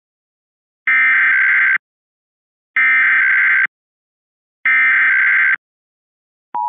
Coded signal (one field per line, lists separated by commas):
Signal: Emergency Alert System (SAME) tones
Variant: header bursts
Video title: Required Monthly Test Kansas Nov 14 2023